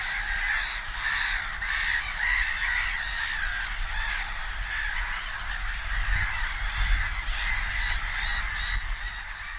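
Black-headed gull calls, a busy chorus of harsh squawking cries over continuous low rumbling noise.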